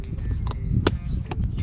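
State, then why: Seated. A molded rubber floor liner is pressed down onto the floor retention pins on the driver's side of a pickup truck. Amid a low background rumble and a few softer taps around 0.5 s and 1.3 s, a sharp click rings out at 0.9 s. The liner seats onto the retention pin.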